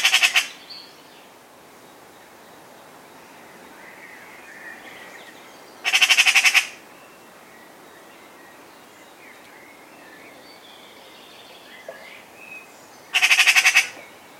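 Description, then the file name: Eurasian magpie giving brief harsh rattling chatters at long intervals, three bursts in all. "Pica pica"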